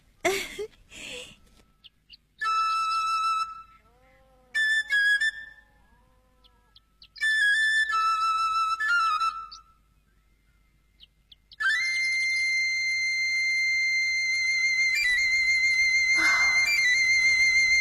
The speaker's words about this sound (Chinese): 不，孩子们，我只要还能喘气就能吹鹰笛啊。我吹给你们听听。